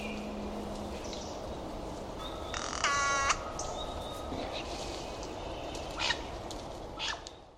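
Bird gives one loud note with many harmonics among fainter scattered notes and ticks over a steady hiss.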